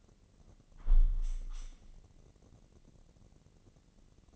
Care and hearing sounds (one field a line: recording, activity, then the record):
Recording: daily activity, microphone in the room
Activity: close window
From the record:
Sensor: 4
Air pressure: 1013.1 hPa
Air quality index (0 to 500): 173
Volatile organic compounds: 2 ppm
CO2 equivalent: 1089 ppm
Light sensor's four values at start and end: 71/173/72/75 and 79/195/82/82